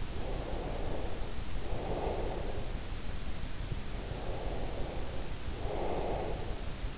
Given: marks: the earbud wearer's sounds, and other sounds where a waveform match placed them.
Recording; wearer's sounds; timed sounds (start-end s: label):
sounds in sleep by an in-ear microphone; breath
0.00-2.99 s: breath
3.83-6.89 s: breath